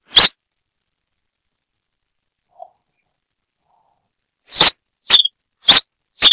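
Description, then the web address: Red-crested finch call notes: a single sharp chip, a few seconds of quiet, then four quick high chips, some with a brief buzzy tail. "sonidos Coryphospingus cucullatus - Brasita de fuego"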